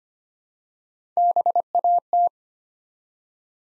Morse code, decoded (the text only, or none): BAT